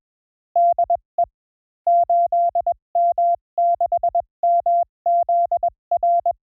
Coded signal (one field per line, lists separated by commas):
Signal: Morse code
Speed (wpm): 21 wpm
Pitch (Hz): 690 Hz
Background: none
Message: DE 8M6MZR